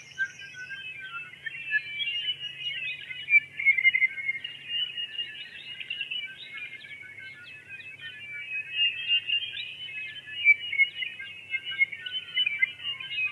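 Tawny-crowned Honeyeater chattering calls, a dense, continuous tangle of squeaky twittering notes with no pauses, and a faint low hum underneath.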